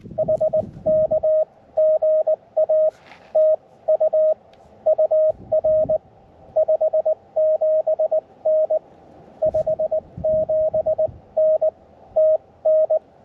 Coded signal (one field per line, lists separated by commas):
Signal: Morse code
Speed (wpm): 19 wpm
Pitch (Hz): 560 Hz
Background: none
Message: HK GA TU UR 57N 57N TN